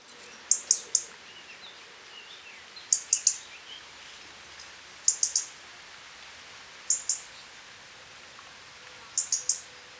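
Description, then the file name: European robin producing high, sharp ticking notes in small groups of two to four, recurring every two seconds or so. "Erithacus rubecula"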